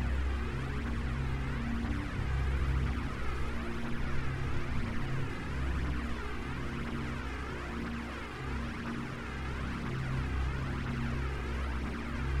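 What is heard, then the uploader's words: A steady ambient spaceship drone, a low hum with layered tones that holds at an even level throughout. Above it, a softly swirling, phasing wash sweeps up and down in slow repeating waves, while the deepest layer swells and throbs gently. The Ambient Spaceship Soundscape.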